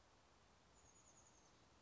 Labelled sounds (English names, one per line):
Chestnut-backed Chickadee